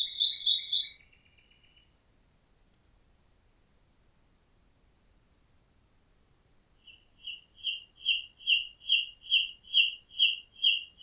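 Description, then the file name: Common nightingale song, loud whistled opening notes, a pause, then a rhythmic series of many identical liquid notes repeated steadily. "Nachtigall"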